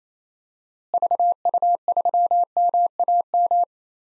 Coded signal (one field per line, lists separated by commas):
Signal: Morse code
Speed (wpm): 28 wpm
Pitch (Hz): 700 Hz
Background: none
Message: VU3MAM